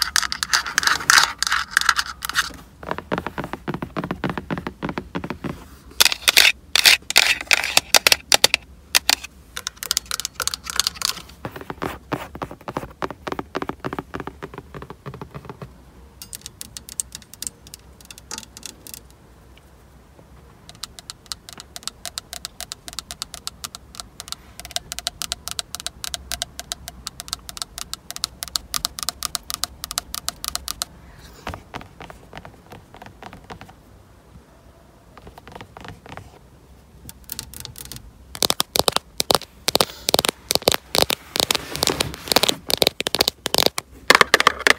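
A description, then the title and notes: Fast, dense tapping on an old car's lens comes in bursts of sharp clicks, with quieter, sparser taps between about 16 and 37 seconds. FAST CAR TAPPING LENS TAPPING (OLDTIMER).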